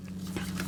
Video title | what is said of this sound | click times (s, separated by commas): Introduction to Pixie Dust Cakes mold types | And see this pops right in. | 0.6 s